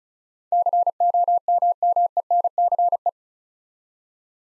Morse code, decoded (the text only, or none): COMMENCE